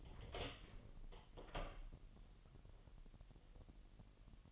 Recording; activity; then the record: daily activity, microphone in the room; open door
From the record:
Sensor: 4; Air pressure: 1002.1 hPa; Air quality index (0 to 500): 248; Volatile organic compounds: 41 ppm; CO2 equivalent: 3164 ppm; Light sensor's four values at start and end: 10/21/8/8 and 9/20/8/7